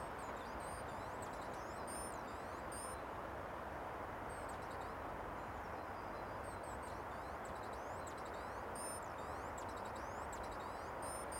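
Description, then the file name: Great tit calls: bursts of thin, high, sweeping notes in several groups, with gaps between them, over a constant loud roaring background noise. "Parus major"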